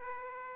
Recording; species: mosquito wingbeat signal from an infrared sensor; Aedes aegypti